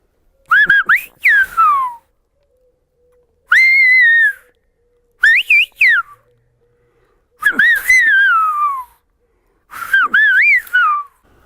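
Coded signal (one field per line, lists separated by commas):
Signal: whistled language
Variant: Silbo canario (Gran Canaria)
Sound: five bursts of gliding, bending whistles, pitch rising and falling like speech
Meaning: David, come and eat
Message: David, ven a comer.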